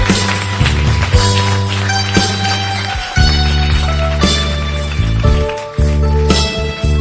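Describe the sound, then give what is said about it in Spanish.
An audience at a night Pentecostal worship service claps their hands in praise to God, a dense, steady patter of many claps that runs through the whole stretch over loud, sustained music with held chords and low bass notes. “Aleluya, si son para Él esas palmas, crecen en esta noche.”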